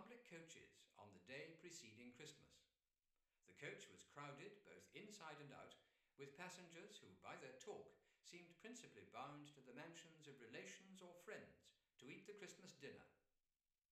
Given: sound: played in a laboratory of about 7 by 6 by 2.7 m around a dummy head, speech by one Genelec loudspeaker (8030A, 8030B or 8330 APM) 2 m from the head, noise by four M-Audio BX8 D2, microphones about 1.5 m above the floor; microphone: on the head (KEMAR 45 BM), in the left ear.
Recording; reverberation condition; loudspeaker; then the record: male speech in English; medium; 90 degrees to the left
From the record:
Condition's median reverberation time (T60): about 510 ms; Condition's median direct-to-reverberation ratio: about -0.5 dB